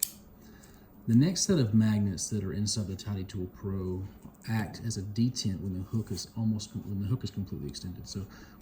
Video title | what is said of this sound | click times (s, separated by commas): Tidy Tool PRO - Magnets | It's actually very satisfying as well. Nice little click. | 0.0 s